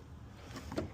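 On a Tesla Model Y harness plug, fitted during a trailer hitch install, the red locking tab on the plastic connector is pushed forward after the plug is seated. A short double click sounds at 0.7 s and 0.8 s, and the tab locks the connector secured in place.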